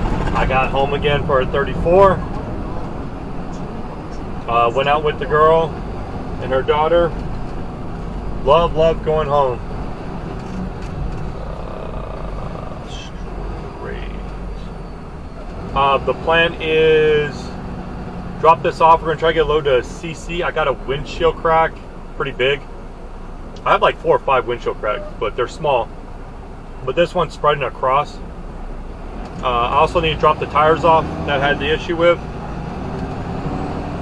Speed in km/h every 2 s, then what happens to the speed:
74, 69, 66, 64, 52, 39, 24, 18, 16, 10, 8, 3, 0, 0, 10, 18, 27.
0-23 slows to 0. 23-27 standing. 27-34 pulls away to 27.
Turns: none.